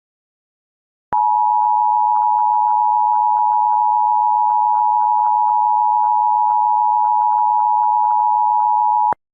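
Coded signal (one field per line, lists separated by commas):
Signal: Emergency Alert System (SAME) tones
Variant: 853 and 960 Hz attention tone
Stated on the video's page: Simulated EAS scenario of a nuclear attack, re-uploaded.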